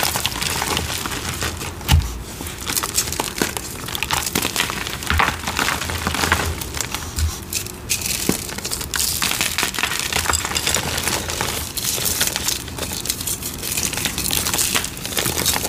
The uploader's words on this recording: YELLOW Citric Acid Dyed Chalk Series. Crispy, crunchy, flaky, gritty cornstarch crunchies and dyed gym chalk crumbling ASMR.